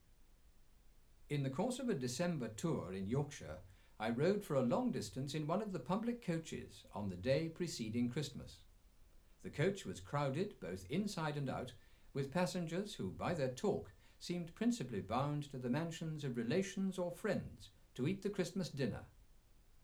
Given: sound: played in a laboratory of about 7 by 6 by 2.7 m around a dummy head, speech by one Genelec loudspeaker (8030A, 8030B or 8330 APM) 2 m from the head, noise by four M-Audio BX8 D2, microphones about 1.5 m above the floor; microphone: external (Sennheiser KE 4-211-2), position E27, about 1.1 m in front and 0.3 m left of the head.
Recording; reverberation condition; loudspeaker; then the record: male speech in English; low; 30 degrees to the right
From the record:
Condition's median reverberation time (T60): about 310 ms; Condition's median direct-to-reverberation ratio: about 3.5 dB